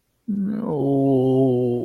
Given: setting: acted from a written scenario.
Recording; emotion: vocal sound without words; sadness